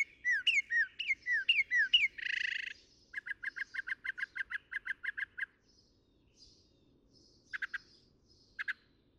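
Northern mockingbird song: sliding whistled notes, a harsh buzzy burst, then a fast run of repeated chips, followed by scattered softer notes.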